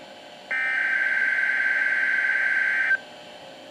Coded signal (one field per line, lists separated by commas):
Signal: Emergency Alert System (SAME) tones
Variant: header bursts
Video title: All Alerts on NOAA Weather Radio for June 17th, 2022 (EAS # 45-49)